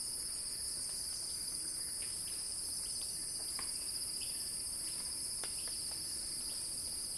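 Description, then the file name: Cicada droning in a continuous high buzz, with scattered faint clicks and short chirps. Cicada crescendo; recorded by Axel Drioli. "earth-fm Axel-Drioli Cicada-Crescendo-Sounding-Wild"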